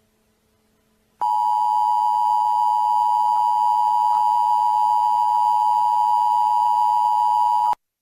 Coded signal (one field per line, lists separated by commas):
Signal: Emergency Alert System (SAME) tones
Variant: 853 and 960 Hz attention tone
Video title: EP1: The EAS Alert